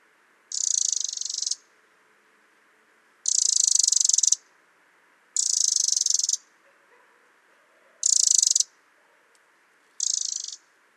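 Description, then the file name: Eurasian wren producing five scratchy pulsed rattles in a row, each up to about a second long, repeated every two to three seconds over quiet background hiss. "Troglodytes troglodytes"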